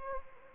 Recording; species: mosquito wingbeat signal from an infrared sensor; Anopheles gambiae